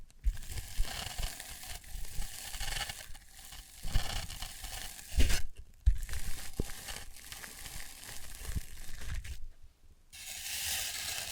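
Floral foam being crushed and cut, a dense crackling hiss with soft low taps, pausing briefly near six and ten seconds.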